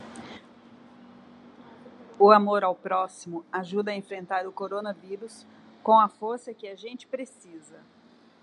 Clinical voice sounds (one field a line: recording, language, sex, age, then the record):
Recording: spoken sentence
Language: Brazilian Portuguese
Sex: female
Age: 50 to 59 years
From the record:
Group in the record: control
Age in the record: 54 years